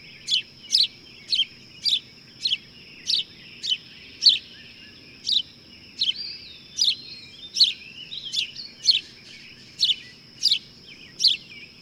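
Bird calling in evenly spaced bright chirps, briefly mixed with soft whistles, against a steady high tone.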